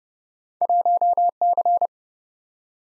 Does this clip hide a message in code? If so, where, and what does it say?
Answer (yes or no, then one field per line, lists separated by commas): yes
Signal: Morse code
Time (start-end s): 0.6-1.9 s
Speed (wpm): 29 wpm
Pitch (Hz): 700 Hz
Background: none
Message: 1C